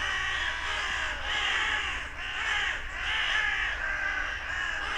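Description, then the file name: Carrion crow giving rough, drawn-out caws in a continuous overlapping stream over a steady low hum. "Corvus corone"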